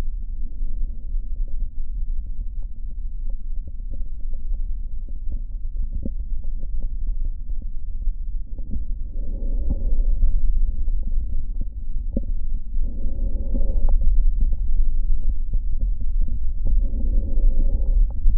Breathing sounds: lung sounds by stethoscope; right posterior basal chest; quiet breathing, then deep breathing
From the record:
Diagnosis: asthma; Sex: female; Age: 74 years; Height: 155 cm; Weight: 63 kg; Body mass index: 26.2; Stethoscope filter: diaphragm mode

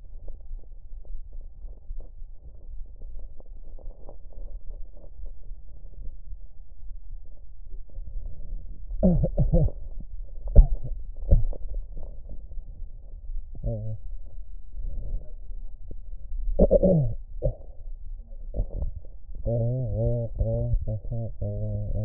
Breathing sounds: lung sounds by stethoscope; left anterior apical chest; quiet breathing, then cough and speech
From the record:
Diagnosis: none (healthy); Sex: male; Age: 35 years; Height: 186 cm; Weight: 108 kg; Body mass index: 31.2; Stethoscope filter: extended mode

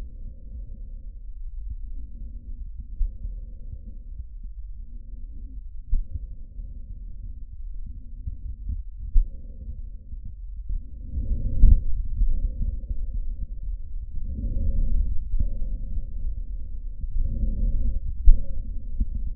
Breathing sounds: lung sounds by stethoscope; trachea; quiet breathing, then deep breathing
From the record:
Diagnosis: COPD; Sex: male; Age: 85 years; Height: 183 cm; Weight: 88 kg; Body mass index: 26.3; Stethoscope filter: bell mode

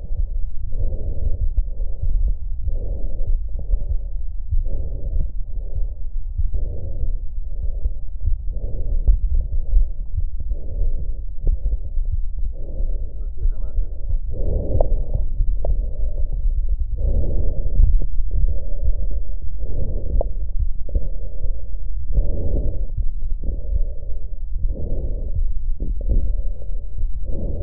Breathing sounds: lung sounds by stethoscope; left posterior apical chest; quiet breathing, then deep breathing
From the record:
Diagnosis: interstitial lung disease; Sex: female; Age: 68 years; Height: 152 cm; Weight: 76 kg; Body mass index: 32.9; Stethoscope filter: extended mode

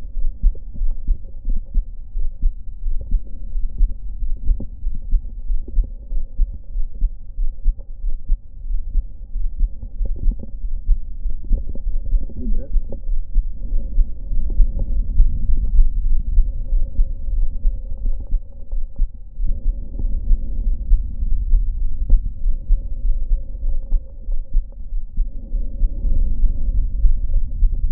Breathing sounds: lung sounds by stethoscope; right anterior apical chest; quiet breathing, then deep breathing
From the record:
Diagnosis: none (healthy); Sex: male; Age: 23 years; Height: 185 cm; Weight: 93 kg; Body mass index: 27.2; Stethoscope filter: diaphragm mode

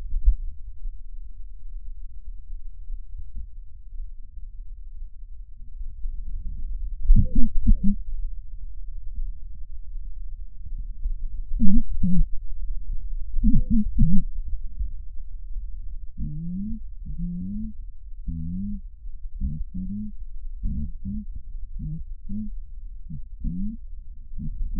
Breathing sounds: lung sounds by stethoscope; right posterior apical chest; quiet breathing, then cough and speech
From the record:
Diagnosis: COPD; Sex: female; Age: 68 years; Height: 150 cm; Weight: 70 kg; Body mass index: 31.1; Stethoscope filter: bell mode

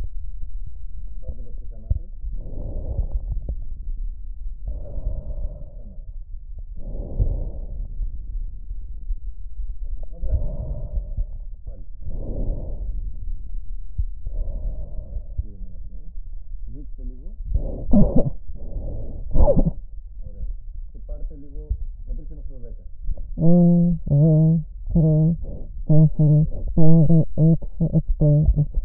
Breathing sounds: lung sounds by stethoscope; right posterior apical chest; quiet breathing, then cough and speech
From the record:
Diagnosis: interstitial lung disease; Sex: female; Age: 72 years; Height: 158 cm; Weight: 69 kg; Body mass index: 27.6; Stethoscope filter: extended mode

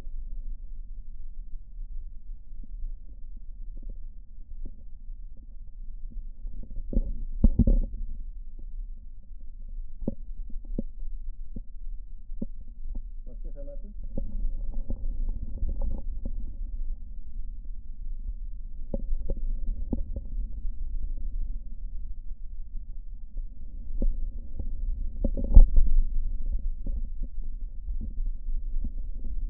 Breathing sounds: lung sounds by stethoscope; right posterior basal chest; quiet breathing, then deep breathing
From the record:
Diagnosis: pulmonary infection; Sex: male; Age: 74 years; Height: 171 cm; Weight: 80 kg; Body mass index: 27.4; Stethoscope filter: diaphragm mode

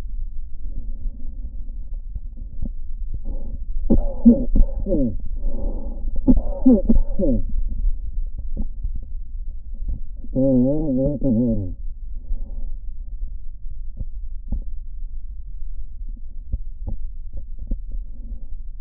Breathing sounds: lung sounds by stethoscope; right posterior basal chest; quiet breathing, then cough and speech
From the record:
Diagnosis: interstitial lung disease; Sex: male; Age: 66 years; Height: 164 cm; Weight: 76.2 kg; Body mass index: 28.3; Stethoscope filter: diaphragm mode

